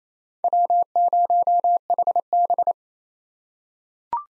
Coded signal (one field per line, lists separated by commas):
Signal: Morse code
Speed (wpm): 27 wpm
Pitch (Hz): 700 Hz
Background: none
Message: W0HB